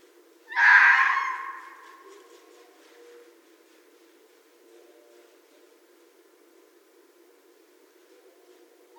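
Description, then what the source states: Red fox giving a single harsh, hoarse scream lasting about a second, then trailing off into near quiet. Recorded in 2012.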